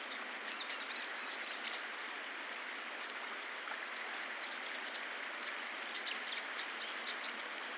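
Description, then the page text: Grey fantail with a short, bright burst of high squeaky chips, followed by fainter scattered ticking notes over steady hiss. "Rob van Bemmelen - Серая веерохвостка (Rhipidura fuliginosa)"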